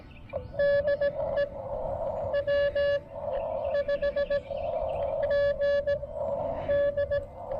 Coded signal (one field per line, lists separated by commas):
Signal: Morse code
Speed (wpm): 17 wpm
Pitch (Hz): 1700 Hz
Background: none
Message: DE W5GD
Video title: Join Brooks on his First CW POTA Activation!